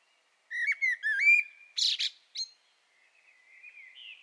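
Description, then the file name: Common blackbird song, a clear fluted phrase of several rising and falling whistled notes, then two high squeaky bursts and a faint trailing warble. "Turdus merula"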